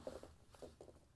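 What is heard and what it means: The plastic clips of a Whirlpool/KitchenAid/Maytag washer drain hose assembly (WPW10189267) are handled as the assembly is rotated over toward the washer mounting slots to snap the fitting clips in on the other side. Soft, muffled rustling and handling bursts come at about 0.1, 0.2, 0.6 and 0.8–0.9 seconds. Nothing has seated or clicked yet.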